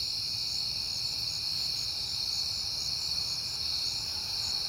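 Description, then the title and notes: High, even cricket trilling fills the night, a quiet low drone underneath. Crickets recorded on a peaceful night in September; the recordist has been hearing them a lot lately. "Night Time: Crickets and Passing Cars. It is September and I have been hearing the crickets a lot"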